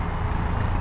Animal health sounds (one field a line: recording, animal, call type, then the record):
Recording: contact call of a hoofed animal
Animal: cattle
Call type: low-frequency (closed-mouth) or high-frequency (open-mouth) call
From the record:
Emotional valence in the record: negative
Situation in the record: full separation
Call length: 0.80 s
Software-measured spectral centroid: 1610 Hz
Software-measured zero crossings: 950 a second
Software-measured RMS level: -24 dBFS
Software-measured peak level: -12 dBFS